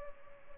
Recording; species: mosquito wingbeat signal from an infrared sensor; Culex pipiens